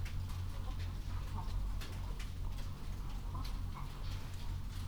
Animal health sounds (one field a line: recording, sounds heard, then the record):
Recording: poultry house recording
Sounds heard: healthy chickens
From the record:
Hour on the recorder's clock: 21